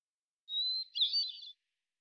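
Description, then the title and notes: Hermit thrush singing a single phrase, a steady clear whistle followed by a rapid burst of rising and falling flutelike notes, with no other sounds. Single individual in Washington, Pacific Northwest, United States; song sequence isolated from original recording at natural pace and rhythm, ending with examples of eight basic phonemes and variants. "BIRDSong Thrushes And Allies - Hermit Thrush. Hermit Thrush, Catharus guttatus, individual performance, song sequence with an end block of example 8 basic phonemes and variants, isolated from original, natural pace and rhythm maintained Recorded in the beautiful Pacific Northwest, Washington, United States"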